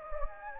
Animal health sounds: mosquito wingbeat signal from an infrared sensor; Anopheles gambiae

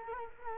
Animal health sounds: mosquito wingbeat signal from an infrared sensor; Culex quinquefasciatus

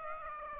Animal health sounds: mosquito wingbeat signal from an infrared sensor; Aedes aegypti

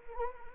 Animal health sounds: mosquito wingbeat signal from an infrared sensor; Anopheles arabiensis

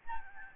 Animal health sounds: mosquito wingbeat signal from an infrared sensor; Aedes albopictus

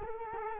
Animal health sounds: mosquito wingbeat signal from an infrared sensor; Culex quinquefasciatus

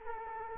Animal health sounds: mosquito wingbeat signal from an infrared sensor; Culex quinquefasciatus

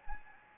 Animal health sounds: mosquito wingbeat signal from an infrared sensor; Anopheles gambiae

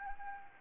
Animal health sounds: mosquito wingbeat signal from an infrared sensor; Anopheles arabiensis

